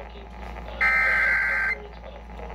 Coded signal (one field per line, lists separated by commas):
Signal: Emergency Alert System (SAME) tones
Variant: header bursts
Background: speech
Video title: SO.MANY.GOD.DANG.ALERTS. EAS Alert Compilation 8/19/2020 - 8/22/2020